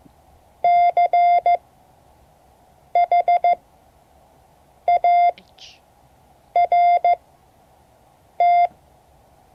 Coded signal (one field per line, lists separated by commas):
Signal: Morse code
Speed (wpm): 15 wpm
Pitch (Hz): 700 Hz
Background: none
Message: CHART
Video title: Morse code class 2024-07-25 (3 of 12)